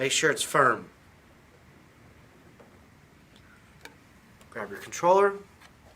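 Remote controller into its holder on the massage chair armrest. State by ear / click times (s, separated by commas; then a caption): not seated / none. Someone talks while the handheld remote controller of an Osaki OS-3D Pro Cyber massage chair is handled near its plastic holder on the armrest, with a few faint ticks around 3.4, 3.9 and 4.4 seconds. The controller has not yet locked into its holder; nothing has seated or clicked yet.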